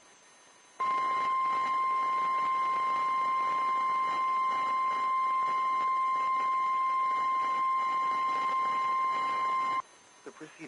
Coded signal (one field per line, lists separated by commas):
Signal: Emergency Alert System (SAME) tones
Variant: 1050 Hz attention tone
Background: speech